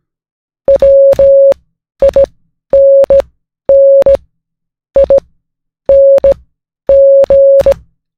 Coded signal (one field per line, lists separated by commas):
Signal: Morse code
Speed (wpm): 16 wpm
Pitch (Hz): 550 Hz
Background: music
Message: WINNING